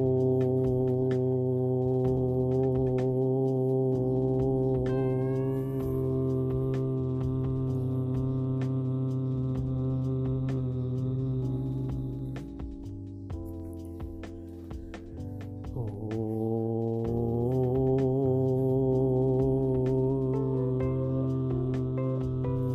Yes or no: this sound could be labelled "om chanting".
yes